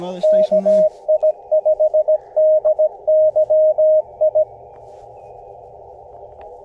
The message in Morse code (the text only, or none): KI5DYI